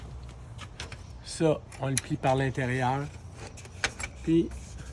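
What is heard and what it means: Someone talks while an RV awning arm is folded in by hand toward its holder during closing, with short sharp handling knocks and rattles around 0.8, 0.9, 3.7, 3.8 and 4.0 seconds. The arm's latch has not clicked into its holder on the RV yet; nothing has seated.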